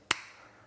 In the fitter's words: You'll hear it click.